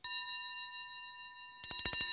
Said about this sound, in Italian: Si sveglia il telefono, in piena notte. La zia corre a rispondere, si sente che è preoccupata. E quando suona il telefono di notte è qualcosa di brutto.